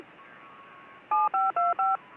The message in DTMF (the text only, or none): 7525